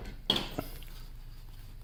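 A plastic forged-carbon-look mirror cap is pressed onto the side mirror housing of a 2015 Q50 3.7L AWD. A sharp, loud snap at 0.3 s shows it popping into place, followed by two faint ticks near 0.6 and 0.8 s. The cap is seated.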